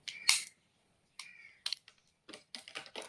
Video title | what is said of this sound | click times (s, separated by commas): Dentist recommend Water Flosser 2025? UV Sterilization & 7 Nozzles Dentist Recommended | Insert until hearing a click sound. | 0.3 s